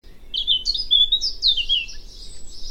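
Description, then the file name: Eurasian blackcap singing a quick run of high, warbling notes that sweep up and down, with a low steady rumble of background noise throughout. "Sylvia atricapilla"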